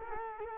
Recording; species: mosquito wingbeat signal from an infrared sensor; Culex quinquefasciatus